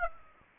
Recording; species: mosquito wingbeat signal from an infrared sensor; Aedes aegypti